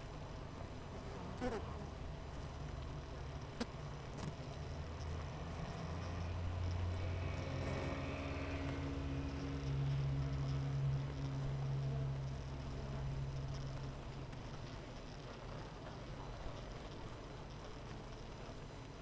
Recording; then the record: honeybee colony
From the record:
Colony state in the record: missing queen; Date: 14 July 2017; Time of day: 7:45